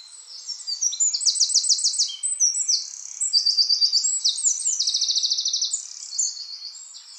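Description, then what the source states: Eurasian wren, song: continuous high-pitched, tumbling phrases with machine-gun trills that barely pause, loud and energetic for most. Subspecies indigenus.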